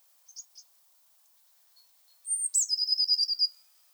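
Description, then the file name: Eurasian blue tit gives a few soft high notes, then one sharp note dropping into a rapid trill lasting about a second. "Cyanistes caeruleus"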